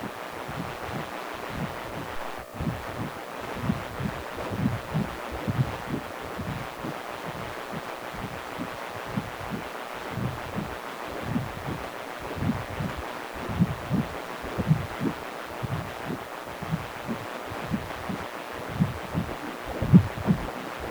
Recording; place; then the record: Doppler ultrasound of blood flow; precordium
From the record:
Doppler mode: continuous wave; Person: healthy adult, 18 to 50 years, no heart murmur, not diving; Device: 2.5 MHz transducer